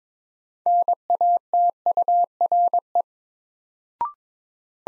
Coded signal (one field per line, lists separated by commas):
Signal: Morse code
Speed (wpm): 22 wpm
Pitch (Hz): 700 Hz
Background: none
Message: NATURE